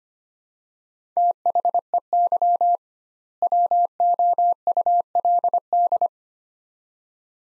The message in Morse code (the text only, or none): THEY WOULD